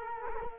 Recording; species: mosquito wingbeat signal from an infrared sensor; Culex quinquefasciatus